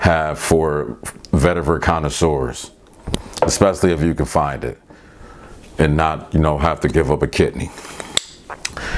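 Someone talks, then a cap is put back onto a fragrance bottle and snaps into place with a sharp, loud snap at 8.2 seconds. A few softer clicks follow, and the cap is seated on the bottle.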